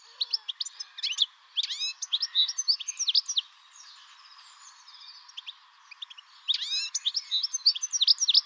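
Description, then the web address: Bird song of sharp, high chirps and swept notes, a quieter stretch in the middle with faint calls, then a renewed burst of lively twittering. "Deverinetal"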